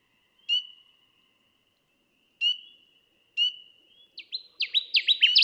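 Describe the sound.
Connecticut warbler singing a rapid series of loud down-slurred notes at the end, preceded by three sustained high tones with sharp starts.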